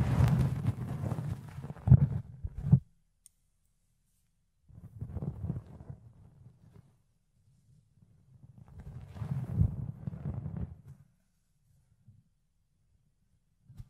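Fluffy ear cleaning comes in rough, muffled rubbing bursts, mostly a low rumble with scratchy crackle above it. The first burst lasts until about three seconds, then silence, then further rubbing spells around five to seven seconds and nine to eleven seconds, with faint brushes after.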